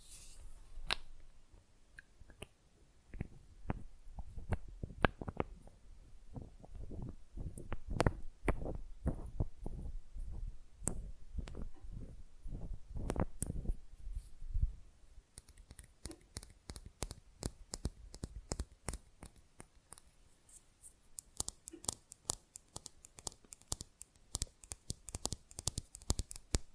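Nail filing and tapping during a manicure, with quick, rough strokes and dull knocks. For the first fifteen seconds the sounds are low and thumping, irregular and dense. After that the strokes turn bright and scratchy, arriving in rapid, uneven bursts until the end.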